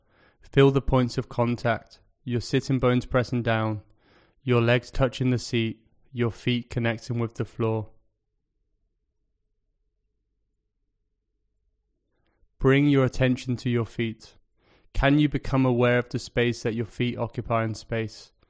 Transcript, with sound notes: Feel the points of contact – your sitting bones pressing down, your legs touching the seat, your feet connecting with the floor. [Pause 5 seconds] Bring your attention to your feet. Can you become aware of the space that your feet occupy in space?